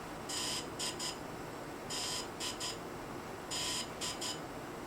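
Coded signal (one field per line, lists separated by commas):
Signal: beep code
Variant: DJI Phantom 3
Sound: harsh buzzy beeps in groups of three (one longer, two short), repeated three times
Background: background hiss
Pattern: 1 long, 2 short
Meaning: Three beeps mean the firmware update is complete and it is safe to power off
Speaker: so do not and I repeat do not turn it off until you hear the three beeps versus the four beeps one two 3 one two three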